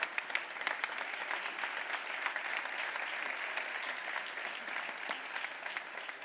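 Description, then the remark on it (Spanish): An audience at an awards gala claps for about six seconds in applause for a sponsor who helped an athlete compete, a dense, even patter of many hands with sharp individual claps popping out, sustained at a constant level without voices. “Pues nada, un aplauso para Miguel, que ha hecho que, gracias a él, pueda competir.”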